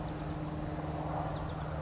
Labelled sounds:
California Towhee
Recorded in Sonoma County, California

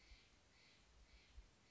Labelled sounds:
Steller's Jay
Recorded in Sonoma County, California

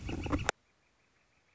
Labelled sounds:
Northern Flicker
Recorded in Sonoma County, California

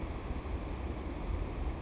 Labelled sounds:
Anna's Hummingbird
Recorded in Sonoma County, California

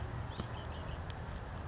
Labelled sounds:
Red-winged Blackbird
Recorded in Sonoma County, California

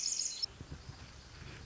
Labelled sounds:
Pacific Wren
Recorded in Sonoma County, California

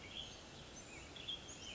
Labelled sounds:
Western Tanager
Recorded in Sonoma County, California

